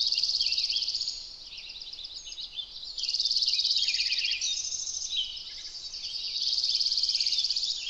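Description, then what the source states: Dark-eyed Junco song, three fast ringing trills spaced a few seconds apart, with other chirps between them. Musical trills recorded on a warm morning in Sequoia National Park; juncos forage on or near the ground for seeds.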